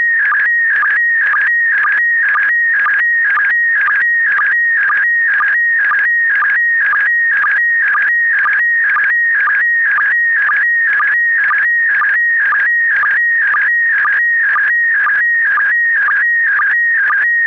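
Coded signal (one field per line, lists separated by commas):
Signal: SSTV (slow-scan television)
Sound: steady warbling high tone with rhythmic short low clicks, about two per second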